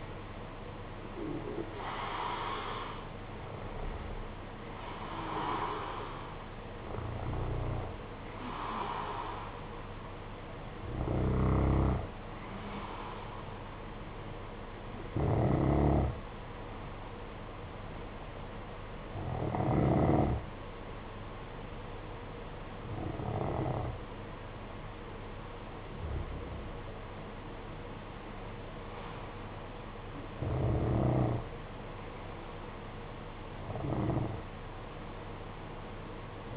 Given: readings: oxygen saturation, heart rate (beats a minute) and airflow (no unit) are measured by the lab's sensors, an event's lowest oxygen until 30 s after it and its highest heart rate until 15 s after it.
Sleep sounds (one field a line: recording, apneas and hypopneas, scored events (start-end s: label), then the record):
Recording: breathing in sleep by a voice recorder at the bedside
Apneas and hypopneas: 1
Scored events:
12.00-28.20 s: hypopnea (N1, oxygen 95% highest, then 92% lowest, heart rate 55 at the start, 55 highest)
From the record:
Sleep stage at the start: N1 (lightest sleep)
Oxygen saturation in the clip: 90 to 95%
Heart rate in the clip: 51 to 60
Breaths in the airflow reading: 10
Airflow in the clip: -5.6 to 8.3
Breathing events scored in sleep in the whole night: 476 in 9.7 hours asleep